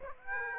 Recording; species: mosquito wingbeat signal from an infrared sensor; Aedes aegypti